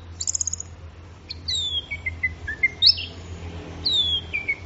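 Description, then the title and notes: Orange-headed thrush song: a fast high trill, then long descending slurred whistles and warbled phrases over a steady low hum. Gacor (in full song) birds, recording used for training songbirds. "Anis Merah Gacor Teler. Kumpulan Suara Burung Anis"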